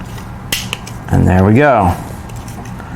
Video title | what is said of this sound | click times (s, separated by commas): Die Cast X Build-Along: 1:8 Scale Back to the Future DeLorean from Eaglemoss Collections - Part 1 | satisfying click feels pretty secure | 0.5 s, 0.7 s